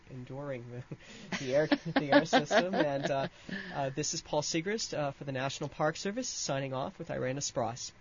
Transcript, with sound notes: And enduring the air system. (laughs) And this is Paul Sigrist for the National Park Service signing off with Irena Spross.